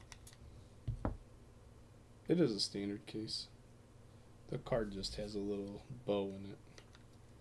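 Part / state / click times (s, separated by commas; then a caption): plastic trading card holder closing around a card / not seated / none. A slightly bowed 2023 Topps Stadium Club trading card is handled and pressed toward a plastic card holder, with light taps and handling noises around 0.1, 0.3, 0.9, 1.1, 6.8 and 7.0 seconds while someone talks. The holder has not snapped shut yet; nothing has seated or clicked.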